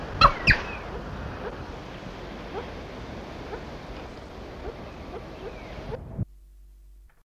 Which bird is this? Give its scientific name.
Catreus wallichii